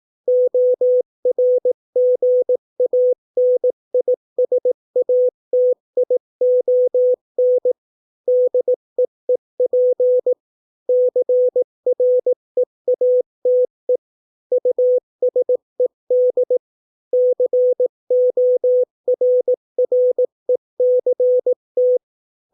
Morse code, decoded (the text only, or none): ORGANISATION DEEP CREATE USED CORRECT